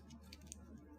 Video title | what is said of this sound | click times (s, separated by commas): Action figure review - Transformers Power of the Primes: Cindersaur | So there's a click. | 0.5 s